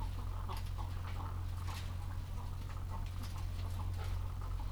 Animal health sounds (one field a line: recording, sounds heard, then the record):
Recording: poultry house recording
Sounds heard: sick chickens (respiratory disease)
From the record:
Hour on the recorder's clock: 14